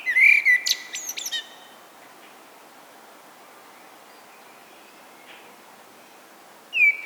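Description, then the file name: Common blackbird song, a short mellow whistled phrase ending in thin high squeaks, then a long quiet pause before a new phrase begins. "Turdus merula"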